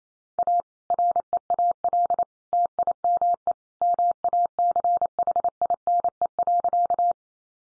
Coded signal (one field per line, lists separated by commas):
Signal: Morse code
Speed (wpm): 28 wpm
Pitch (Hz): 700 Hz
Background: none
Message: A REAL TIME MACHINE.